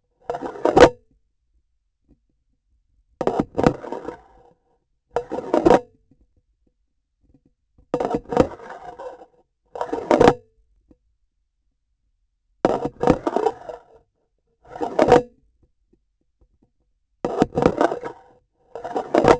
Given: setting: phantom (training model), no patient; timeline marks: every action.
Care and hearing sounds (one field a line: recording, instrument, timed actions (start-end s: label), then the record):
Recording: laparoscopic instrument, vibration sensor on the handle end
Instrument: grasping forceps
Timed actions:
0.10-1.23 s: removal through the trocar
3.17-4.86 s: insertion through the trocar
5.05-6.09 s: removal through the trocar
7.89-9.45 s: insertion through the trocar
9.63-10.70 s: removal through the trocar
12.60-14.06 s: insertion through the trocar
14.61-15.52 s: removal through the trocar
17.22-18.42 s: insertion through the trocar
18.51-19.40 s: removal through the trocar
From the record:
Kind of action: spatial motion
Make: Olympus